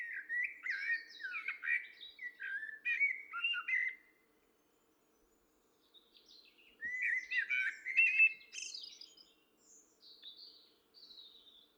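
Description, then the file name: Common blackbird giving a long, meandering warbled phrase, then silence, then another fluting phrase that trails off into high, thin squeaky notes; low hum underneath. "Turdus merula"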